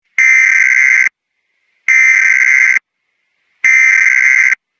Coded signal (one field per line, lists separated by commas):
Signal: Emergency Alert System (SAME) tones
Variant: header bursts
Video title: EAS Scenario: Critical Situation Unfolding - Urgent Community Update"